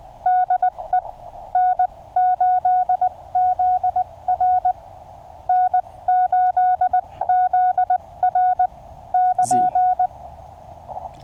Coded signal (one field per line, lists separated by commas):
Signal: Morse code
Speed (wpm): 20 wpm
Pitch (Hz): 730 Hz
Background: none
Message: DE N8ZR N8ZR <KN>